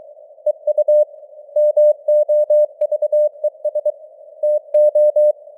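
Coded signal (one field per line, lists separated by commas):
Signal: Morse code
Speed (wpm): 23 wpm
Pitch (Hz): 600 Hz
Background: none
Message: EU MOVES TO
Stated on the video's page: Morse news headlines at 23 wpm with simulated radio noise and varying signal strength (QSB); experimental.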